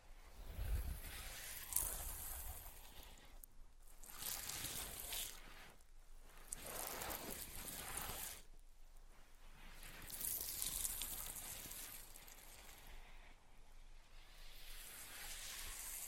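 Scratching and tracing strokes come in repeated bright sweeping passes with short quiet breaks, plus a few sharp taps near the start.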